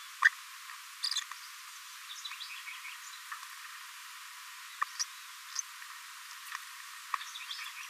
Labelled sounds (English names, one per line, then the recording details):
Green-rumped Parrotlet babbling
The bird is a male
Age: 24 days
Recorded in a nest box in Venezuela
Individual 17B42A3